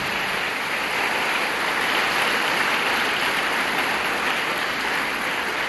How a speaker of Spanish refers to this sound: Así que hágame el favor de darle un aplauso. Pues esta señora.